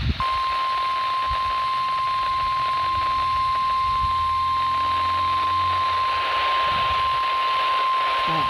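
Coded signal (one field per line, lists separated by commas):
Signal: Emergency Alert System (SAME) tones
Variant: 1050 Hz attention tone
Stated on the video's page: Required weekly test from a weather radio station.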